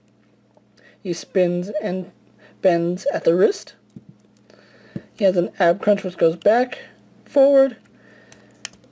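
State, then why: Seated. Someone talks while handling a Marvel Legends X-Men Series Havok action figure, rotating its plastic waist swivel joint until it locks, with a few faint ticks along the way. A sharp, loud click at 8.7 s marks the waist joint seating into its locked position.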